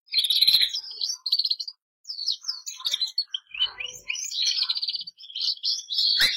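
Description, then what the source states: Canary (Bernois): canary-type twittering song, soft high chirps and short warbled phrases with small pauses between them, fairly quiet throughout. Bernois canary breed.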